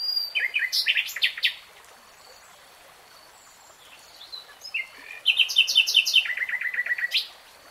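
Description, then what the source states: Nightingale song in varied bursts of sharp chirps and trills, a brief lull, then a rapid repeated phrase ending in a rolling trill. Nightingale singing in real time.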